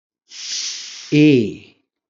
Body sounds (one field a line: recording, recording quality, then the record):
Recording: sustained vowel as in made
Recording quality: poor, much background noise or distortion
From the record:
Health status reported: healthy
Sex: male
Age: 40 years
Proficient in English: yes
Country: India